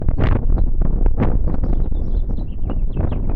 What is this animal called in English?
House Finch